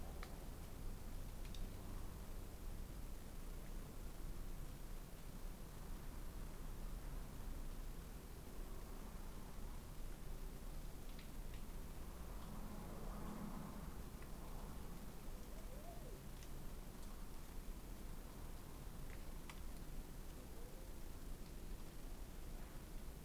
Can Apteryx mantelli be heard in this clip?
no